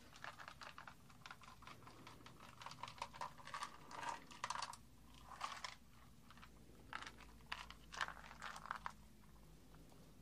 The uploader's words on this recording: ASMR Tap and Rattle Russian Style. Unique natural rattles that were used in Old Russia.